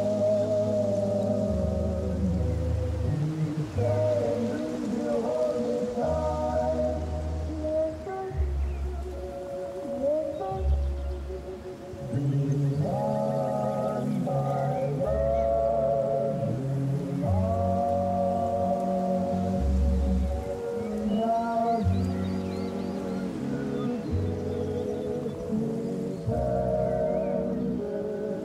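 Music plays from inside a cabin through an open door, steady and unbroken throughout. Deep bass notes change every second or two beneath a mid-range melody of held, sometimes gliding tones, with a softer dip in volume around the twelve-second mark.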